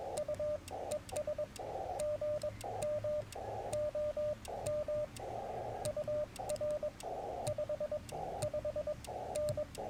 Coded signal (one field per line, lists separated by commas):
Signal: Morse code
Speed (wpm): 21 wpm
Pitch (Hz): 600 Hz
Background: radio noise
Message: U ES GM OM UR 55N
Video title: Morning Morse Code - 3/13/24